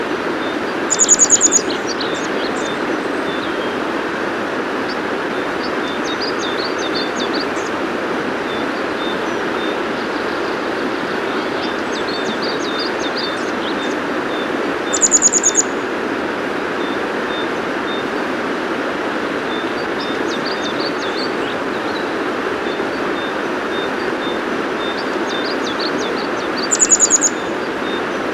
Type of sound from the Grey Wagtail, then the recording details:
song. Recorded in the wild. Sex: male. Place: Thale, Sachsen-Anhalt, DE. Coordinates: 51.731, 11.063. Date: 1978-05-04. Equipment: Nagra III BH, Sennheiser MD 21, parabola. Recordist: Schubert, Michael